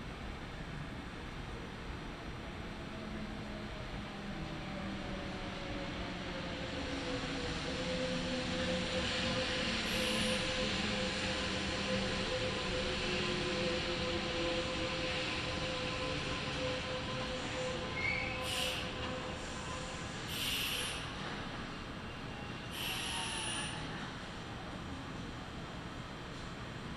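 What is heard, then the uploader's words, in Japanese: Inside a local train running between stations, a steady low rumble of wheels on track fills the whole clip, rising slightly as it gathers speed. A faint tone drifts beneath it, and brief high squeals and clicks appear around ten, eighteen, twenty and twenty-three seconds. 近鉄名古屋線各駅停車 川越富洲原→塩浜。車内はほぼガラガラです。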